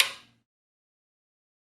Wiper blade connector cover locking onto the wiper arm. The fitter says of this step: Close the cover. You will hear a snap.